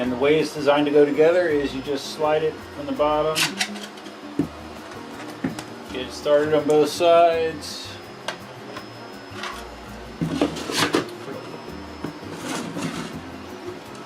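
Someone talks while handling 3D printed plastic pieces of a press-fit EUC stand, sliding one piece into its mating piece from the bottom and getting it started on both sides. Light plastic taps and knocks are heard between the talking. Nothing has seated or clicked into place yet.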